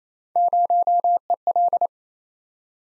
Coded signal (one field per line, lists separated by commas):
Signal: Morse code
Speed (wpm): 29 wpm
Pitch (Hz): 700 Hz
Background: none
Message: 0EL